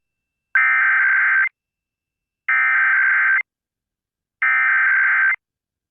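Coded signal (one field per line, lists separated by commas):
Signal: Emergency Alert System (SAME) tones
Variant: header bursts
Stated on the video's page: Monthly test heard on three FM stations in sequence, last one only end-of-message.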